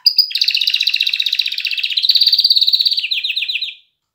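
Canary song as one continuous rapid trill of repeated notes, pulsing evenly for nearly four seconds before stopping abruptly.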